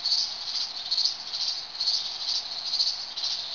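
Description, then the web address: Crickets giving a continuous high, shimmering trill that pulses slightly in loudness throughout, with no other sounds. "gengo crickets"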